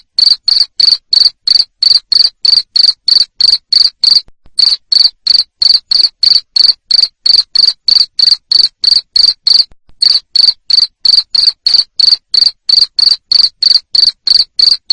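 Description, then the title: Cricket giving loud, shrill pulsed chirps roughly three per second, a steady train broken by two short pauses, nothing else audible. Loud cricket chirping used to stimulate lovebirds to sing continuously (ngekek). "Suara JANGKRIK NGERIK Keras Bikin LOVEBIRD Jadi NGEKEK Terus Vubey"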